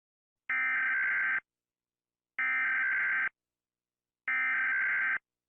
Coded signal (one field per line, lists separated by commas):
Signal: Emergency Alert System (SAME) tones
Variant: header bursts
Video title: Rating emergency alert systems